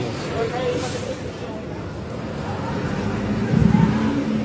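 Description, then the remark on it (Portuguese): A bus engine rumbles steadily with a broad low drone, then swells louder toward the end as the bus accelerates, with indistinct voices murmuring underneath. “E o ônibus andando.”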